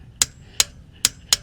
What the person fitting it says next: Hear the click, you've reached your torque.